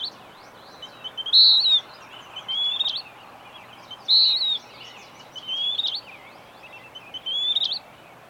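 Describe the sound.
Bird song: loud falling whistles about every three seconds, separated by softer rising whistles and quick high chirps, over faint hiss.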